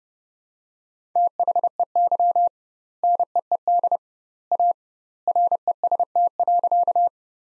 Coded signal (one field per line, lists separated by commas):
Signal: Morse code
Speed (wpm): 32 wpm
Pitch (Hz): 700 Hz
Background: none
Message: THEY NEED A REST.